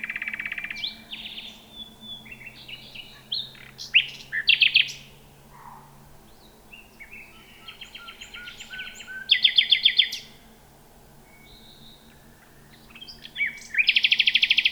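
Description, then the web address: Common nightingale singing varied phrases, whistled notes, rattling trills and fast repeated chuck notes in bursts, with a low steady hum and background noise underneath. "nachtegaal luscinia megarhynchos"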